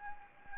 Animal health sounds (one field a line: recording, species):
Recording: mosquito wingbeat signal from an infrared sensor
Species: Anopheles gambiae